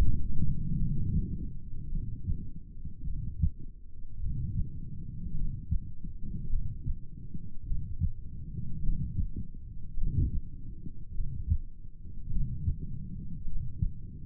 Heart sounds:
heart sounds by stethoscope; 52 bpm
0.79 s: heartbeat
1.91 s: heartbeat
3.07 s: heartbeat
4.22 s: heartbeat
5.37 s: heartbeat
6.51 s: heartbeat
7.67 s: heartbeat
8.84 s: heartbeat
9.98 s: heartbeat
11.15 s: heartbeat
12.32 s: heartbeat
13.47 s: heartbeat
From the record:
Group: heart failure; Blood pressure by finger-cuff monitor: 104/49 mmHg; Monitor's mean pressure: 63 mmHg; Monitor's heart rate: 52 bpm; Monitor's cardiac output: 4.8 L/min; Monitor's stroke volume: 92 mL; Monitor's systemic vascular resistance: 930 dyn s/cm5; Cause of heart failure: cardiac sarcoid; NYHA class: 1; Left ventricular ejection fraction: 39%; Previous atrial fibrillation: present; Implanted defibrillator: present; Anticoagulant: apixaban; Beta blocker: carvedilol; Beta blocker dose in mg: 50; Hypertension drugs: ramipril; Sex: male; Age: 79 years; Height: 184 cm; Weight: 92.5 kg

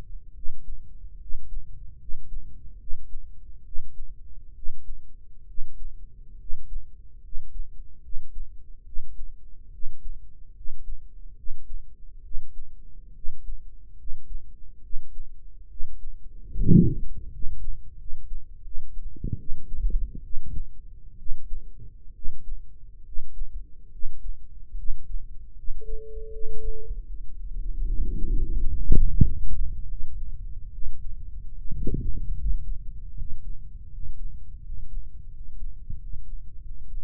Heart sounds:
heart sounds by microphone in the right ear; 74 bpm
0.33 s: heartbeat
1.18 s: heartbeat
1.97 s: heartbeat
2.78 s: heartbeat
3.63 s: heartbeat
4.53 s: heartbeat
5.45 s: heartbeat
6.37 s: heartbeat
7.20 s: heartbeat
8.00 s: heartbeat
8.83 s: heartbeat
9.70 s: heartbeat
10.53 s: heartbeat
11.34 s: heartbeat
12.21 s: heartbeat
13.12 s: heartbeat
13.95 s: heartbeat
14.80 s: heartbeat
15.67 s: heartbeat
16.54 s: heartbeat
17.28 s: heartbeat
17.96 s: heartbeat
18.61 s: heartbeat
19.36 s: heartbeat
20.21 s: heartbeat
21.16 s: heartbeat
22.12 s: heartbeat
23.02 s: heartbeat
23.89 s: heartbeat
24.74 s: heartbeat
25.54 s: heartbeat
26.29 s: heartbeat
27.04 s: heartbeat
27.85 s: heartbeat
28.57 s: heartbeat
29.21 s: heartbeat
29.87 s: heartbeat
30.72 s: heartbeat
31.55 s: heartbeat
32.36 s: heartbeat
33.14 s: heartbeat
33.89 s: heartbeat
34.61 s: heartbeat
35.30 s: heartbeat
35.96 s: heartbeat
36.60 s: heartbeat
From the record:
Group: healthy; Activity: rest 0-25 s, Valsalva maneuver 25-37 s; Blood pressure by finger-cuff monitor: 102/68 mmHg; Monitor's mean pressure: 78 mmHg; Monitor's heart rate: 72 bpm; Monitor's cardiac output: 5.3 L/min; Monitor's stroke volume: 74 mL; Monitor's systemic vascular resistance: 1030 dyn s/cm5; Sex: male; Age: 21 years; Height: 170 cm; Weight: 71 kg

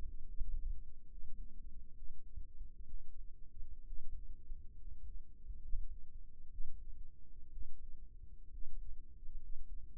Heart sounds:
heart sounds by microphone in the right ear; 66 bpm
0.24 s: heartbeat
1.07 s: heartbeat
1.94 s: heartbeat
2.85 s: heartbeat
3.84 s: heartbeat
4.77 s: heartbeat
5.59 s: heartbeat
6.48 s: heartbeat
7.50 s: heartbeat
8.50 s: heartbeat
9.39 s: heartbeat
From the record:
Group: healthy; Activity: rest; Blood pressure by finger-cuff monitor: 86/55 mmHg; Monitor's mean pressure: 67 mmHg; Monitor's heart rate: 65 bpm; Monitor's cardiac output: 6.6 L/min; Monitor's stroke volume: 95 mL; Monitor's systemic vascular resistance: 740 dyn s/cm5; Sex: male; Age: 22 years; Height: 181 cm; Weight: 79 kg

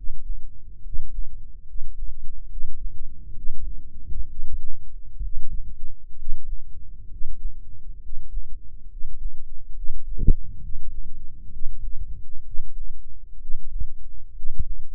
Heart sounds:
heart sounds by microphone in the left ear; 67 bpm
0.82 s: heartbeat
1.65 s: heartbeat
2.48 s: heartbeat
3.34 s: heartbeat
4.26 s: heartbeat
5.21 s: heartbeat
6.16 s: heartbeat
7.08 s: heartbeat
8.00 s: heartbeat
8.88 s: heartbeat
9.74 s: heartbeat
10.60 s: heartbeat
11.50 s: heartbeat
12.43 s: heartbeat
13.38 s: heartbeat
14.33 s: heartbeat
From the record:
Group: healthy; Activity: rest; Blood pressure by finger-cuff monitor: 95/67 mmHg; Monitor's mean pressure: 76 mmHg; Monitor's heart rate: 67 bpm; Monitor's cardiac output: 6 L/min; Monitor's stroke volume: 89 mL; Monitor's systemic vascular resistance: 910 dyn s/cm5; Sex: male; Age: 23 years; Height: 178 cm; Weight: 96.6 kg

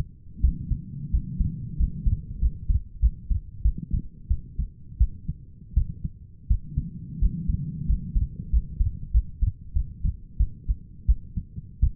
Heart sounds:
heart sounds by stethoscope; 90 bpm
0.42 s: heartbeat
1.12 s: heartbeat
1.78 s: heartbeat
2.40 s: heartbeat
3.01 s: heartbeat
3.63 s: heartbeat
4.29 s: heartbeat
4.99 s: heartbeat
5.75 s: heartbeat
6.49 s: heartbeat
7.20 s: heartbeat
7.87 s: heartbeat
8.51 s: heartbeat
9.13 s: heartbeat
9.74 s: heartbeat
10.38 s: heartbeat
11.07 s: heartbeat
11.81 s: heartbeat
From the record:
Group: healthy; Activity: rest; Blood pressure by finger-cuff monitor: 117/74 mmHg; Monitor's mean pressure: 90 mmHg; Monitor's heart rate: 89 bpm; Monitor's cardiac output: 6.9 L/min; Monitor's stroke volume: 77 mL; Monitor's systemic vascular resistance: 930 dyn s/cm5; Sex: female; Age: 37 years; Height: 168 cm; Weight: 70 kg

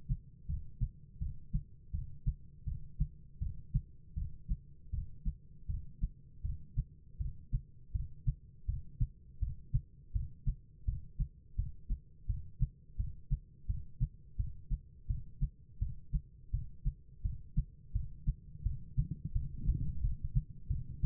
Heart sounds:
heart sounds by stethoscope; 83 bpm
0.47 s: heartbeat
1.19 s: heartbeat
1.92 s: heartbeat
2.65 s: heartbeat
3.39 s: heartbeat
4.15 s: heartbeat
4.91 s: heartbeat
5.67 s: heartbeat
6.42 s: heartbeat
7.18 s: heartbeat
7.92 s: heartbeat
8.66 s: heartbeat
9.40 s: heartbeat
10.13 s: heartbeat
10.85 s: heartbeat
11.56 s: heartbeat
12.27 s: heartbeat
12.97 s: heartbeat
13.67 s: heartbeat
14.37 s: heartbeat
15.07 s: heartbeat
15.79 s: heartbeat
16.51 s: heartbeat
17.22 s: heartbeat
17.93 s: heartbeat
18.63 s: heartbeat
19.33 s: heartbeat
20.01 s: heartbeat
20.68 s: heartbeat
From the record:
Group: healthy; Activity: breath hold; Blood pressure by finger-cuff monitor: 140/94 mmHg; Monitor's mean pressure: 113 mmHg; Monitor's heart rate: 83 bpm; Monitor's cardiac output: 4.9 L/min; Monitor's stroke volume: 59 mL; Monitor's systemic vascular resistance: 1680 dyn s/cm5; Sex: female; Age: 51 years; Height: 162 cm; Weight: 70.04 kg

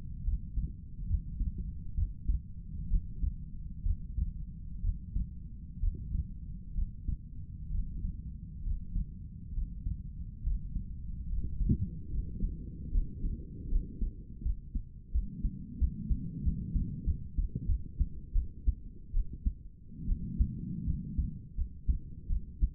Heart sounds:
heart sounds by stethoscope; 73 bpm
0.24 s: heartbeat
1.07 s: heartbeat
1.95 s: heartbeat
2.88 s: heartbeat
3.83 s: heartbeat
4.82 s: heartbeat
5.80 s: heartbeat
6.75 s: heartbeat
7.71 s: heartbeat
8.63 s: heartbeat
9.54 s: heartbeat
10.43 s: heartbeat
11.28 s: heartbeat
12.10 s: heartbeat
12.91 s: heartbeat
13.69 s: heartbeat
14.43 s: heartbeat
15.12 s: heartbeat
15.78 s: heartbeat
16.43 s: heartbeat
17.05 s: heartbeat
17.66 s: heartbeat
18.34 s: heartbeat
19.13 s: heartbeat
20.07 s: heartbeat
20.86 s: heartbeat
21.56 s: heartbeat
22.28 s: heartbeat
From the record:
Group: healthy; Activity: Valsalva maneuver 0-12 s, rest 12-23 s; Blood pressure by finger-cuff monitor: 107/78 mmHg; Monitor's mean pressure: 84 mmHg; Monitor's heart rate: 69 bpm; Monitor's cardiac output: 5 L/min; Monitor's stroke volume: 74 mL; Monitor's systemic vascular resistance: 1260 dyn s/cm5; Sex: female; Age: 22 years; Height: 163 cm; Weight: 67.1 kg

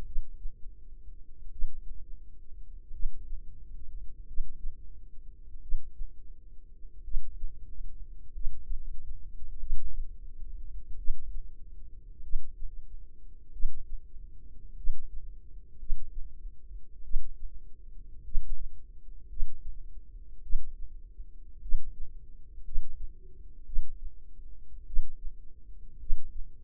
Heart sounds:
heart sounds by microphone in the left ear; 49 bpm
0.05 s: heartbeat
1.51 s: heartbeat
2.92 s: heartbeat
4.26 s: heartbeat
5.61 s: heartbeat
7.03 s: heartbeat
8.33 s: heartbeat
9.59 s: heartbeat
10.96 s: heartbeat
12.22 s: heartbeat
13.51 s: heartbeat
14.75 s: heartbeat
15.78 s: heartbeat
17.03 s: heartbeat
18.23 s: heartbeat
19.28 s: heartbeat
20.41 s: heartbeat
21.60 s: heartbeat
22.63 s: heartbeat
23.64 s: heartbeat
24.85 s: heartbeat
25.98 s: heartbeat
From the record:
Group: healthy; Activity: rest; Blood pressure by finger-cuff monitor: 96/56 mmHg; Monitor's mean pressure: 69 mmHg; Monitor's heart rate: 48 bpm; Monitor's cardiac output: 4.2 L/min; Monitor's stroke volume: 92 mL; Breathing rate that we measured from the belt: 16 breaths a minute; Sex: female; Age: 36 years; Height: 163 cm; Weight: 88 kg

